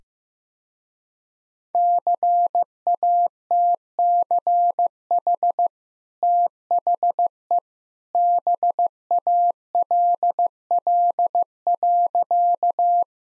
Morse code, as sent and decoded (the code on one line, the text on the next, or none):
-.-. .- - -.-. .... / - .... . / -... .- .-.. .-.. .-.-.-
CATCH THE BALL.